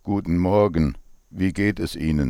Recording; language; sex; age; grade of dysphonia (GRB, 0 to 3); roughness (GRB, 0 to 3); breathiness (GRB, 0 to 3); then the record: spoken sentence; German; male; 50 to 59 years; 3; 3; 2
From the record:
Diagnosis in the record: dysphonia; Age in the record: 58 years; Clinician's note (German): Ponogen, mit psychischer Komponente